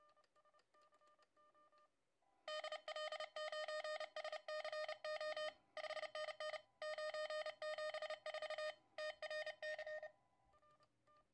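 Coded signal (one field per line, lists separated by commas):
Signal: Morse code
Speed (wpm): 30 wpm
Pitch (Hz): 620 Hz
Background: none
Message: DL9SCO 5NN 974 TRC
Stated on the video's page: CW in the TRC DX Contest from a kit-built QRP Labs QCX+ transceiver at 5 watts QRP into a 2 x 13.6 m dipole.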